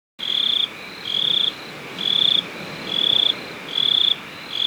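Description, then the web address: Cricket chirping: high, buzzy trilled bursts about half a second long, repeated roughly once a second over a faint hiss. "best service Blue Box animals crickets 2"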